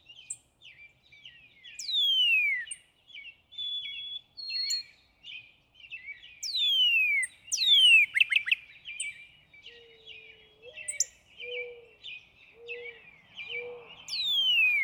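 Northern cardinal song, loud down-slurred whistles sweeping from high to low, given a few at a time amid a busy chorus of chirping birds and low whistled notes.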